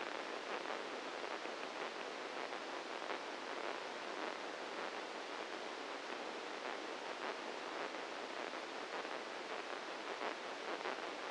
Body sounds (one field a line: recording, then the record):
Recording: brain microelectrode recording played as sound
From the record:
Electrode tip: inside the subthalamic nucleus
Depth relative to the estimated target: 0 mm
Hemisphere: right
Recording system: NeuroSet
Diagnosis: Parkinson's disease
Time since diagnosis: 7 years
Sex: male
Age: 44 years